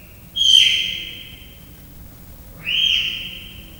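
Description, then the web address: Leopard cub chirps: two high, whistled calls, each fading away, separated by a quiet gap. Three-month-old leopard cubs chirping and meowing at a zoo in Miskolc, 2009. "leopard haromhonaposkolyokcsipog nyavog"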